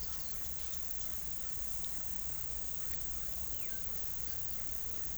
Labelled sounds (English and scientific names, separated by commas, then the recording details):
none
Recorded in pastures near Puerto Asís, Putumayo, Colombia, on 21 December 2024 at 15:30
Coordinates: 0.486, -76.323
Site GP01